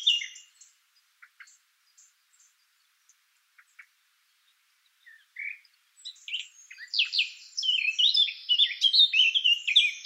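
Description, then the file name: Eurasian blackcap song: a few scattered quiet notes, then from six seconds a fast, rich warble of jumbled whistles rising and falling until the end. "Sylvia atricapilla"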